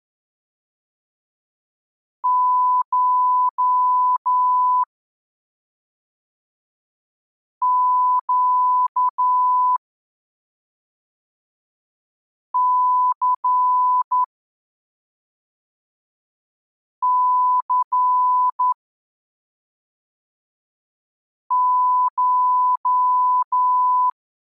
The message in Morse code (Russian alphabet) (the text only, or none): ШЩЦЦШ